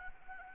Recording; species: mosquito wingbeat signal from an infrared sensor; Anopheles arabiensis